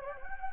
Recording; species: mosquito wingbeat signal from an infrared sensor; Anopheles gambiae